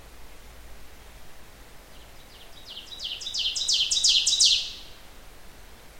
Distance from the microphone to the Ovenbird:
about 5 m